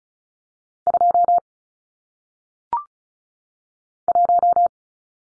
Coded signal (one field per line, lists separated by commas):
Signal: Morse code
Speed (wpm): 36 wpm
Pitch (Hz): 700 Hz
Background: none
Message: 2 1